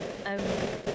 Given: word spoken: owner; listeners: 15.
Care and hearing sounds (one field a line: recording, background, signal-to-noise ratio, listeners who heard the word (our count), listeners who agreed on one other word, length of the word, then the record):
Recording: one English word in noise, from a listening test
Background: noise modulated by three-talker babble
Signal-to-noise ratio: -3.2 dB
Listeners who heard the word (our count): 0 of 15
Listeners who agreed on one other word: 10 of 15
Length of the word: 0.55 s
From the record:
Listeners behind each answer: 10, 4, 1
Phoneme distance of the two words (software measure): 7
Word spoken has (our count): 2 syllables, 3 phonemes, stress on syllable 1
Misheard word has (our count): 1 syllable, 2 phonemes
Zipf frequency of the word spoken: 4.65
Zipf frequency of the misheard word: 5.72